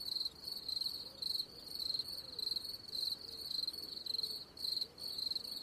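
Cricket chirping, high pulsed trills in short bursts repeated steadily.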